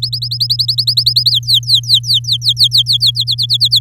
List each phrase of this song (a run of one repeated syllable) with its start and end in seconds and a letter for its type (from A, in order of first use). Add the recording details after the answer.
0.02-1.30 A, 1.31-3.11 B, 3.15-3.79 C. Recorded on 7 May 2018 at 19:25. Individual llb16